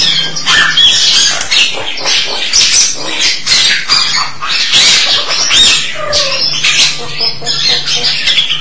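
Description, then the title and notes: Starling song: continuous rough chattering with buzzy squawks and short whistled notes. "suara burung jalak"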